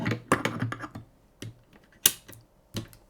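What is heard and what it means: An M.2 SSD is pressed down into its slot on an ASUS ROG Maximus Z890 Hero motherboard and held by a tool-less latch, with no tools involved. A cluster of light clicks and taps between 0.3 and 0.7 s leads to the loudest sharp click at 2.1 s, followed by a softer tap at 2.8 s. The drive is seated and secured nice and solid.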